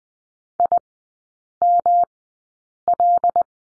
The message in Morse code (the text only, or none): IML